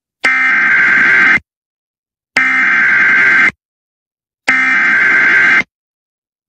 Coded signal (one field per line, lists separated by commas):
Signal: Emergency Alert System (SAME) tones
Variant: header bursts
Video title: EAS severe thunderstorm warning in New Orleans, Louisiana on Kaltmedia.ml #emergencyalert